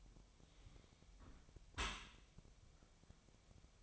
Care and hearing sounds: daily activity, microphone in the room; close dishwasher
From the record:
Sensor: 1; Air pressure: 1006.8 hPa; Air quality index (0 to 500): 208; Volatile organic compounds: 24 ppm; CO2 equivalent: 2798 ppm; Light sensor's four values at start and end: 12/31/12/14 and 12/31/12/14

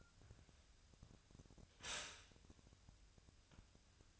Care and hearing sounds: daily activity, microphone in the room; stop toaster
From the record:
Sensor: 2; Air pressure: 1001.8 hPa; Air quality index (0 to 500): 245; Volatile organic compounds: 37 ppm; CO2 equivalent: 3088 ppm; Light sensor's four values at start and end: 10/31/12/12 and 10/31/12/12

